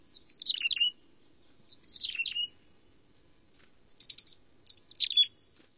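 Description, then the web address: Mountain Chickadee calls: short, buzzy, descending notes in bursts, then a thin high whistled series and more harsh buzzy chatters, with quiet gaps between. "Songs of Birds of North America Stokes. Mountain Chickadee"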